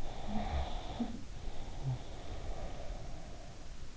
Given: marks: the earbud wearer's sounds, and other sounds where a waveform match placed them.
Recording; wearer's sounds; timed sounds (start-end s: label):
sounds in sleep by an in-ear microphone; breath
0.05-3.04 s: breath
0.35-2.00 s: sound from someone else or the room